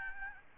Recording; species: mosquito wingbeat signal from an infrared sensor; Aedes albopictus